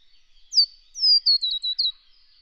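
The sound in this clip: Scarlet honeyeater song of high, sweet, descending notes, about six slurred elements strung together in just under one and a half seconds, little else audible.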